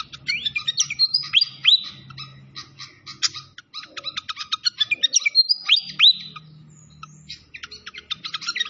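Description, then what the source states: Malaysian pied fantail song: sweeping whistles alternating with rapid chip series, in bursts, over a soft low hum. Training (masteran) recording of clear-voiced song combined with the sound of trickling water.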